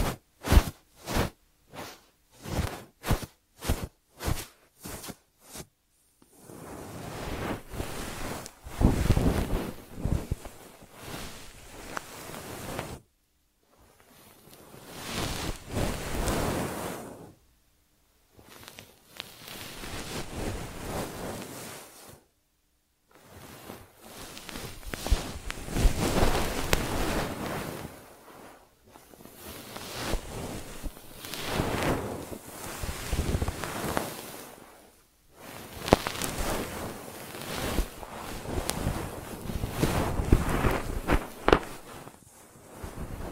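ASMR ear treatment sounds: a run of quick, sharp taps in the first six seconds, then long rushing, rubbing swells that rise and fall. The brushing comes in bursts of several seconds, separated by brief full silences, with a soft, hissy, airy texture throughout.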